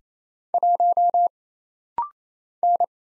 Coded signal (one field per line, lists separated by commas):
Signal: Morse code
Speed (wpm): 27 wpm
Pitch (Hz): 700 Hz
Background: none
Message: 1 N